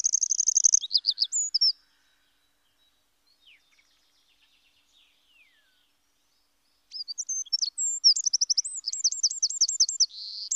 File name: Troglodyte Mignon